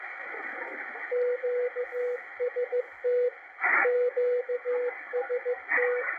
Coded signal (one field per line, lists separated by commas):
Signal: Morse code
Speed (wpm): 15 wpm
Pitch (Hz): 490 Hz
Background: radio noise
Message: QST QST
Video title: W1AW CW DECODE - MACHILITE DSP SDR RECEIVER 12-8-2021